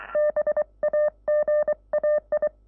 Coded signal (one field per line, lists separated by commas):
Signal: Morse code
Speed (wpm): 23 wpm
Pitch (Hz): 600 Hz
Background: none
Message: BAGAI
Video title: Playing Morse Code with 4 peddal keys right and left hand de YB1JCD